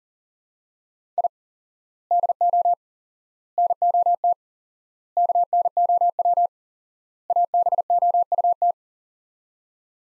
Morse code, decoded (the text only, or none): I DO NOT KNOW ABOUT